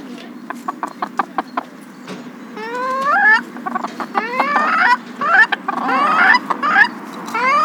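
Chickens calling: repeated rising harmonic squawks and cackles after a run of short clicks, several birds overlapping over a constant low hum.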